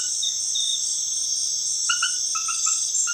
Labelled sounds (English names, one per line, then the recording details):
none
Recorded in dense forest near Puerto Asís, Putumayo, Colombia, on 20 February 2024 at 22:00
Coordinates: 0.505, -76.324
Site G6467